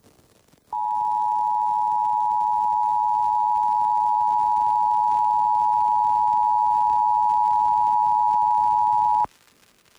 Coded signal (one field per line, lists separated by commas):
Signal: Emergency Alert System (SAME) tones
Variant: 853 and 960 Hz attention tone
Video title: EAS #667-668: 2 EAS Required Monthly Tests- Aug. 5, 2022- 12:15AM PDT